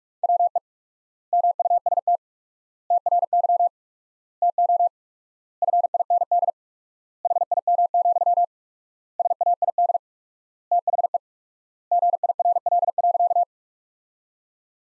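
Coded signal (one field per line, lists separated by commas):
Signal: Morse code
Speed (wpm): 47 wpm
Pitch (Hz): 700 Hz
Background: none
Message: WE MUST TRY TO FIND HIM, SAID THE GIRL.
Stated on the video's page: Computer-generated Morse sentence-copying practice from the top 400 words at 45 wpm with 4x standard word spacing, a word-based Farnsworth-like method.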